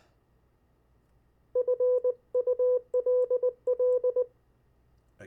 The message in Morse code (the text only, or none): FULL